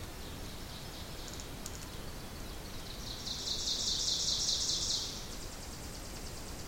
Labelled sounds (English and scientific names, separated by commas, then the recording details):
Ovenbird (Seiurus aurocapilla) song
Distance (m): 40 m
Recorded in boreal forest in Alberta, Canada, on 2 June 2016 at 06:46
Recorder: SongMeter 3, array SBT-3-7
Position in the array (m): 193 m, 4 m
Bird 6